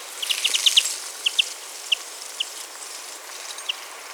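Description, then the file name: European greenfinch calling with a quick cluster of bright chips, then a few single notes spaced out, with a steady hiss behind. "Chloris chloris"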